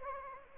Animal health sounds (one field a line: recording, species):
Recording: mosquito wingbeat signal from an infrared sensor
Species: Anopheles gambiae